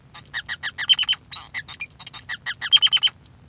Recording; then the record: song of a male Bengalese finch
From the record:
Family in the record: son of father 5